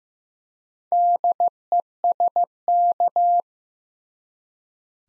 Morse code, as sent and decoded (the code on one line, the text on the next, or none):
-.. . ... -.-
DESK